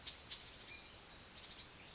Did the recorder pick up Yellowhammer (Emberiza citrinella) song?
no